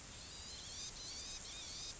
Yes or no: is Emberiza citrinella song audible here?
no